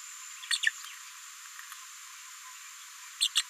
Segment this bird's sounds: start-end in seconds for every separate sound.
0.50-0.58, 0.62-0.70, 3.20-3.28, 3.35-3.42